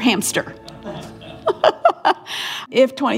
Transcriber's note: laughter